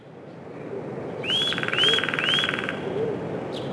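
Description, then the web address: Eurasian nuthatch calls: three clear rising whistled notes in quick succession, each sliding upward over a buzzy trill, with steady background hiss throughout. Recorded in spring. "vremena vesna 18 popolzen"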